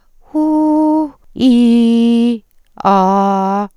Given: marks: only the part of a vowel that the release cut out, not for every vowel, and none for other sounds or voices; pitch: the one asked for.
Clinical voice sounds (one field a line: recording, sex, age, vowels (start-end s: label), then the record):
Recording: sustained vowels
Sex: female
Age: 50 to 59 years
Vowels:
0.39-0.92 s: vowel /u/, high pitch
1.72-2.29 s: vowel /i/, low pitch
2.93-3.55 s: vowel /a/, low pitch
From the record:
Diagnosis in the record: recurrent laryngeal nerve paralysis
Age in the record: 58 years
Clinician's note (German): Strumiprive Form li, paramedian, sehr gute Restbeweglichkeit, wenig dysphon